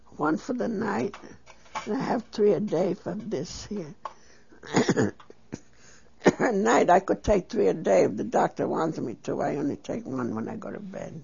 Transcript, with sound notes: one for the night and I have three a day for this, here. ( she clears her throat ) At night I could take three a day, the doctor wants me to, but I only take one when I go to bed.